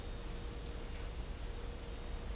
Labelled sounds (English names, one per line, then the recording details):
none
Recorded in dense forest near Puerto Asís, Putumayo, Colombia, on 22 December 2024 at 13:30
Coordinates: 0.500, -76.322
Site G053